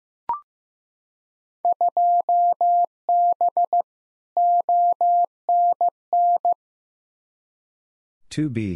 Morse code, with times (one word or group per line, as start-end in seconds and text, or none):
1.6-3.8 2B
4.4-6.5 ONN